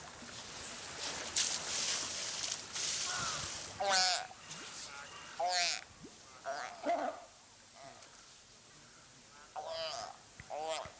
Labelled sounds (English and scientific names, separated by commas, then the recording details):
Brown Fur Seal (Arctocephalus pusillus) call
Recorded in captivity
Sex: group
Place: Zoo Berlin, Berlin, DE
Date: 2004-01-02 14:47
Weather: fair, -2°C
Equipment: Fair Mate ST-1328 (Asahi Electronics, Japan), Sennheiser ME 80, Kopie Uher 4000 Report Monitor
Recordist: Tembrock, Günter
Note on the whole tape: Südlicher Seebär (A.p.pusillus): Gruppe schwimmend, nur ein Tier ruft: mehrere Lauttypen